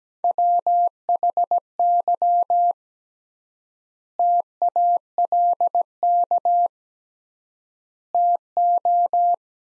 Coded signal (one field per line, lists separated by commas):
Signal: Morse code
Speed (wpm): 17 wpm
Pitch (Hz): 700 Hz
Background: none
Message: WHY TALK TO